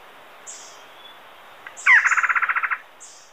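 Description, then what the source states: Uniform antshrike giving a quick rattle of about a dozen evenly spaced notes lasting under a second, with faint high chirps from other birds. Recorded in Ecuador.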